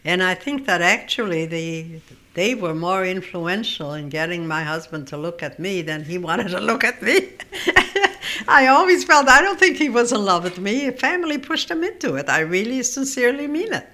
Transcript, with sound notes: And I think that, actually, they were more influential in getting my husband to look at me than he wanted to look at me. ( she laughs ) I always felt I don't think he was in love with me. The family pushed him into it. I really sincerely mean it.